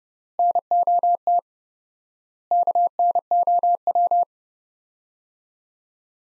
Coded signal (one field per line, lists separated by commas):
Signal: Morse code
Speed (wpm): 32 wpm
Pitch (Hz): 700 Hz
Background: none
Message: NOT KNOW